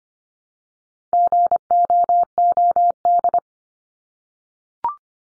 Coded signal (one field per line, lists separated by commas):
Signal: Morse code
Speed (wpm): 25 wpm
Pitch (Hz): 700 Hz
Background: none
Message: GOOD